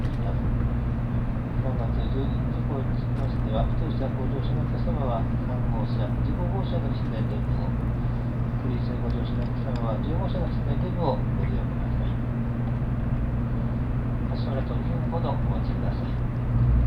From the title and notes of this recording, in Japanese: 東海道新幹線こだま浜松→静岡。朝一番の浜松始発の新幹線です。